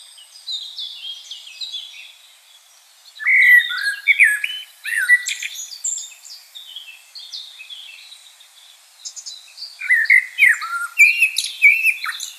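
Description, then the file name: Common blackbird song: after a quiet start come mellow whistled phrases with high squeaky flourishes, a pause, then another fluted phrase with twittering. "Turdus merula"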